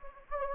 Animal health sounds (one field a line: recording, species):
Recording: mosquito wingbeat signal from an infrared sensor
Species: Anopheles gambiae